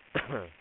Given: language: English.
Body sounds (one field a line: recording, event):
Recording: throat vibration sensor signal played as sound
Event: cough